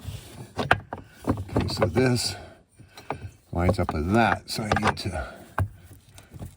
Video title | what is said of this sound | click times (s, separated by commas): How to Change the Chain on a Husqvarna 445 Episode 95 | Oh, look at that. Did that just click right in? | 5.6 s